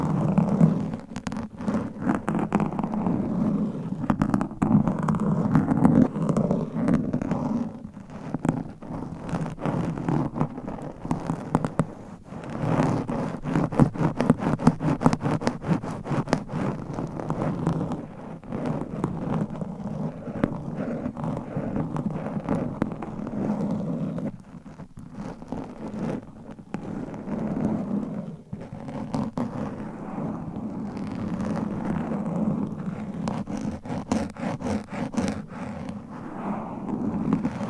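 Claw-like scratching rasps steadily across a microphone for the whole stretch, a dense, rough scraping with a heavy low rumble underneath. Quick strokes come in bursts, with brief lighter pauses near 12, 24 and 28 seconds before the scratching picks back up.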